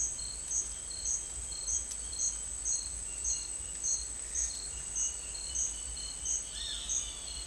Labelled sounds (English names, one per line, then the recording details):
none
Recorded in dense forest near Puerto Asís, Putumayo, Colombia, on 22 December 2024 at 09:30
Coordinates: 0.485, -76.318
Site GP03